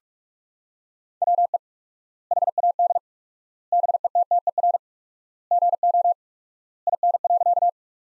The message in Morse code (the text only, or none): WE HAD BETTER GO IN.